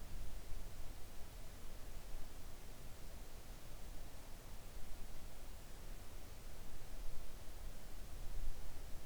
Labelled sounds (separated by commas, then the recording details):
near silence
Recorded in the Arctic National Wildlife Refuge, Alaska, on 3 August 2019 at 05:26
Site 41